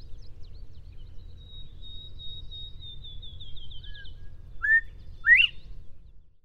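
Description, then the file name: Northern bobwhite whistled call: a flat note then a loud sharply rising whistle, preceded by a thin high trill from another bird, over low background rumble. "Bobwhite"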